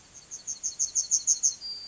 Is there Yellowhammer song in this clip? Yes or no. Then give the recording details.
yes. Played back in grassland. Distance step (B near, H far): C. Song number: 030